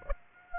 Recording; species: mosquito wingbeat signal from an infrared sensor; Aedes aegypti